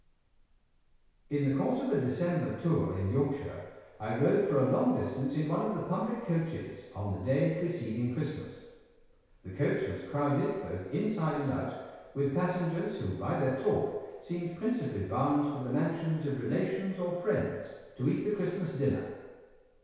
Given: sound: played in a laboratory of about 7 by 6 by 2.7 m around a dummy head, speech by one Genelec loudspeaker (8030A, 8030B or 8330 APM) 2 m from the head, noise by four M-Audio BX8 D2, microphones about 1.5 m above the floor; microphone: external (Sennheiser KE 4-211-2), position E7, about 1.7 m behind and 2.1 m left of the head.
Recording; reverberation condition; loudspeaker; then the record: male speech in English; high; 90 degrees to the left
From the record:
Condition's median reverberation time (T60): about 1300 ms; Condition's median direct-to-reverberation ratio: about -4.0 dB